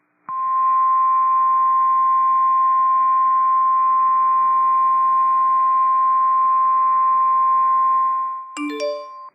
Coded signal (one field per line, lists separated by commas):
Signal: Emergency Alert System (SAME) tones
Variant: 1050 Hz attention tone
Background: music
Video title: Severe Thunderstorm Warning #3 - 11/04/22 (EAS #2,676)